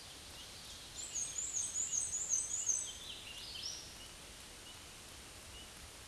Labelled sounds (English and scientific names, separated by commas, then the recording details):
Black-and-white Warbler (Mniotilta varia) song
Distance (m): 15 m
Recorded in a Pennsylvania forest on 19 May 2023 at 20:32
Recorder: AudioMoth, point grid1_10_low
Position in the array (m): 37 m, 135 m